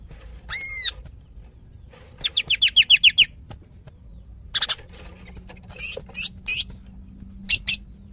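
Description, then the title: Greater green leafbird calling with a sweeping downslurred whistle, then a quick rattling series of chirps and scattered sharp notes. Female calling to a male; described as very vocal. "CUCAK IJO BETINA GACOR HIPER MEMANGGIL JANTAN"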